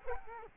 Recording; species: mosquito wingbeat signal from an infrared sensor; Culex quinquefasciatus